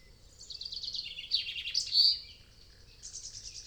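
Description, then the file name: Birds (mixed species): several birds sing together, with fast high trills overlapping, and a brief chirping phrase near the end. Dawn chorus in a European wetland; stereo binaural recording. "Nature European-Wetland Dawn-Chorus"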